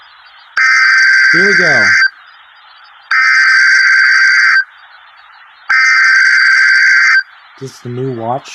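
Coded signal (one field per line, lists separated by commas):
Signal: Emergency Alert System (SAME) tones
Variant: header bursts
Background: speech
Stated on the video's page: Tornado watch alerts received from NOAA Weather Radio station WXJ55.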